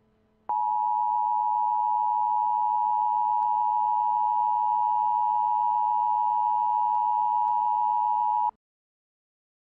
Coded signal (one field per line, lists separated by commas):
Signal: Emergency Alert System (SAME) tones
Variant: 853 and 960 Hz attention tone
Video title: EAS Scenario: The Next Big One